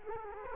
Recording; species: mosquito wingbeat signal from an infrared sensor; Culex quinquefasciatus